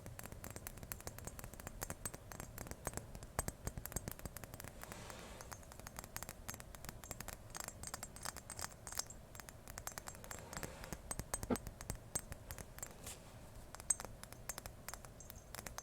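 Ear-to-ear tapping, scratching and brushing: dense, rapid clicks and scrapes run steadily throughout, with sharper taps near six, eleven and fourteen seconds.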